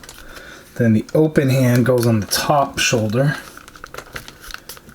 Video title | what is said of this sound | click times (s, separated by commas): Marvel Legends SUGAR MAN BUILD A FIGURE BAF X-Men Age of Apocalypse Figure Review | in there but if you don't again you don't really hear it click so | none